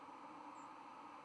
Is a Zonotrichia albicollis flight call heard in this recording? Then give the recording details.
yes. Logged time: 03:47 on 5 November 2014